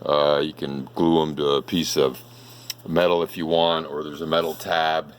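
Someone talks while handling a wooden magnetic access panel, with countersunk magnets on its back, at a van cabinet frame that has a metal tab. The panel has not snapped onto the tab yet, and nothing has seated or clicked.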